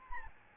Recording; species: mosquito wingbeat signal from an infrared sensor; Aedes albopictus